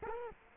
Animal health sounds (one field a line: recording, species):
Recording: mosquito wingbeat signal from an infrared sensor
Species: Culex quinquefasciatus